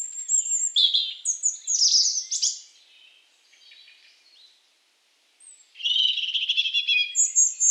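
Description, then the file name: European robin song: loud, rapid phrases of high slurred notes and trills, then a quiet pause, then a dense, buzzy, tinkling phrase to the end. "Erithacus rubecula"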